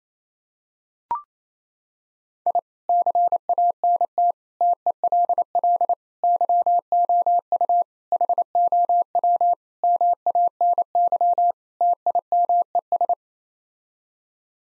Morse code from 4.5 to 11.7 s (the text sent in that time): TELL YOU HOW MANY